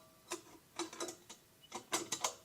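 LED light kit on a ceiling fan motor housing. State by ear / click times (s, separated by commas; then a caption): seated / 2.1 s, 2.2 s. An LED light kit is lined up on three screws on a Merwry ceiling fan's motor housing and given a quarter turn, producing a series of short mechanical clicks and scrapes. It twist-locks into place with sharp clicks at 2.1 s and 2.3 s.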